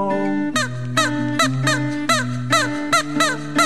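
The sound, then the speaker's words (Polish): Loud, repeated squawks in a quick, regular rhythm, roughly nine harsh, nasal calls like a parrot's, ringing out over steady held musical tones as part of a rock song by a young band from Grajewo. No one speaks. “To jest piosenka z papugą”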